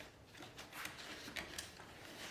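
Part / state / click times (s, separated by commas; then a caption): plastic cover onto dishwasher side / not seated / none. A plastic electrical casing is handled and fitted back over the actuator area on the side of a Bosch dishwasher while an actuator is being replaced. Soft plastic rustles and scrapes are heard, with two short, sharp taps near 1.4 and 1.6 seconds. The casing has not clicked or seated into place yet.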